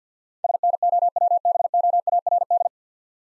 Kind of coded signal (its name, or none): Morse code